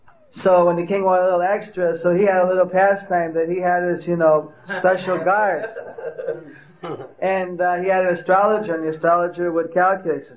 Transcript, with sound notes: So when the King wanted a little extra, so he had a little pastime, that he had you know special guards (laughing) and uh, he had a astrologer and the astrologer would calculate.